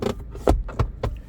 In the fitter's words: And it locks in place.